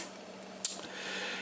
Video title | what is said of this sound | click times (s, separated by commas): The camera i would never sell, Argus A2B Anastigmat f/4.5 | then like a retainers and it just it just locks into place | 0.7 s